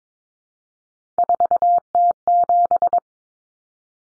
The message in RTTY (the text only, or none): none